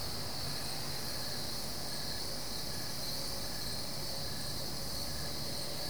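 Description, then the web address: Crickets chirping in a dense, continuous chorus, a steady high buzz with faint pulsed chirps repeating throughout, over a low rumbling background. Crickets at night, Goldens Bridge, New York State, USA; BBC Sound Effects Library, America CD. "The BBC Sound Effects Library - Complete 60 CDs Collection Sound Effects Library- (America) Goldens Bridge, NY State - crickets at night"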